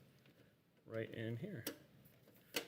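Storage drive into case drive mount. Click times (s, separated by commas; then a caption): 2.6 s. During a PC build in an NZXT H710i case, a storage drive (SSD/hard drive) is pushed into its plastic drive mount while someone talks. A sharp click sounds at 2.6 s as the drive snaps into place, and it is seated.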